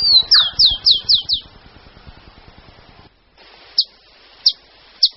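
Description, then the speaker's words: Rufous-collared sparrow song: a quick run of six high, downslurred notes, a pause of over two seconds, then three single sharp notes spaced under a second apart. Known locally as chingolo; lives in the suburban belt of Buenos Aires, an intermediate zone, avoiding the noisy, polluted city and open countryside. "Pero vamos a escuchar a un trino del chingolo."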